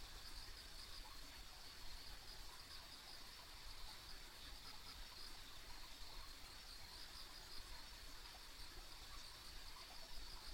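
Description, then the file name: Insects chirring steadily in a dense high-pitched wash, with a low constant rumble beneath. Ambient insect sounds recorded on a country road. "田舎道の虫の環境音"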